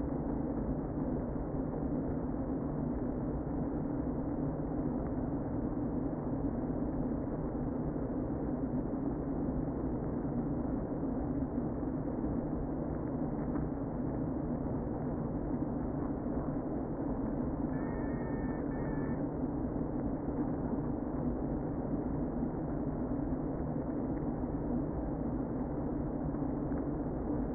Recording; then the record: honeybee colony, microphone inside the hive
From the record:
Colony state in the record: queen present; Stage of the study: before two queens were removed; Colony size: about 60,000 bees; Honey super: yes